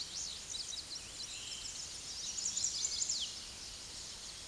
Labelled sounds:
Chestnut-sided Warbler song
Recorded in a Pennsylvania forest on 16 May 2024 at 06:06
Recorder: AudioMoth, point MSD-1679
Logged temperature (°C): 16.1 °C
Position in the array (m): 125 m, 139 m

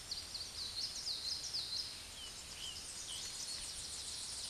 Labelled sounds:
Common Yellowthroat song
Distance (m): 40 m
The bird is about level with the microphone
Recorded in a Pennsylvania forest on 16 May 2024 at 06:15
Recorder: AudioMoth, point MSD-0665
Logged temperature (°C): 16.1 °C
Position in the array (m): 62 m, 49 m

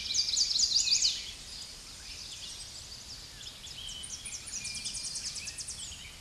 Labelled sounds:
Tennessee Warbler song
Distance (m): 35 m
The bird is about 25 m above the microphone
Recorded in a Pennsylvania forest on 16 May 2024 at 07:13
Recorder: AudioMoth, point MSD-2443
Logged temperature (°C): 16.4 °C
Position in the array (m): 155 m, 216 m

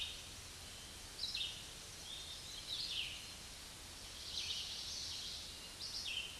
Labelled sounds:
Red-eyed Vireo song
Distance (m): 25 m
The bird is about 20 m above the microphone
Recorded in a Pennsylvania forest on 16 May 2024 at 06:10
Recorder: AudioMoth, point MSD-0192
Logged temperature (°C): 16.0 °C
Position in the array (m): 161 m, 68 m

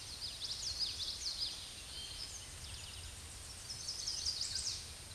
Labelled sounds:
Common Yellowthroat song
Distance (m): 15 m
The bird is about 5 m above the microphone
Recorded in a Pennsylvania forest on 16 May 2024 at 06:54
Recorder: AudioMoth, point MSD-0665
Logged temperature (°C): 16.1 °C
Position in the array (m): 85 m, 84 m

